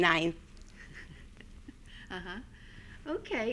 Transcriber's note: she laughs